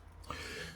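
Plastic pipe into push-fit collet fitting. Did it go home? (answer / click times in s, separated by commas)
yes / 0.3 s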